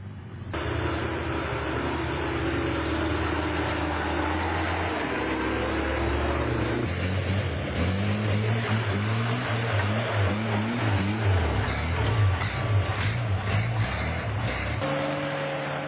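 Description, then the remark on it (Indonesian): A steady, loud rumble of jeep engines idling and revving at an off-road event with no fewer than 50 jeeps at the Kertowono tea plantation, with low droning tones that shift in pitch midway as engines rev up, continuous throughout with no speech. “Tak kurang dari 50 mobil jeep ikut ambil bagian dalam kegiatan ini.”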